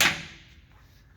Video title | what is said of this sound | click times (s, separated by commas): 68rfe upgraded valve body install. | don't forget to go hear it click make sure that's seated | 0.0 s